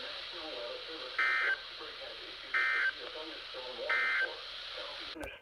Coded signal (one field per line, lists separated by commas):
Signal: Emergency Alert System (SAME) tones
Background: speech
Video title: I dont know what I should put the title to (5/3/22) (EAS #143-147)